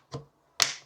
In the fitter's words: that locks into place.